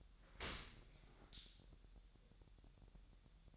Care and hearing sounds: daily activity, microphone in the room; open dishwasher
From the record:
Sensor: 3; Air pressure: 1000.5 hPa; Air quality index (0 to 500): 248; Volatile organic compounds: 172 ppm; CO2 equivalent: 4112 ppm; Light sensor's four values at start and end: 10/24/10/10 and 10/24/10/10

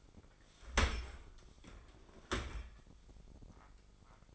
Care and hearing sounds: daily activity, microphone in the room; open dishwasher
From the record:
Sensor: 5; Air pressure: 995.9 hPa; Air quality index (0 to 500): 103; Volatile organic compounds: 7 ppm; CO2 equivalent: 1984 ppm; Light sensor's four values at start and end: 42/99/41/44 and 42/100/42/44

